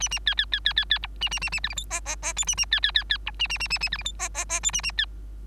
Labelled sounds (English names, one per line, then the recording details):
Bengalese Finch song
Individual Bird3